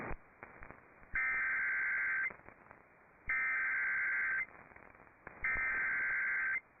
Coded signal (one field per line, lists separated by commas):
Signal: Emergency Alert System (SAME) tones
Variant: header bursts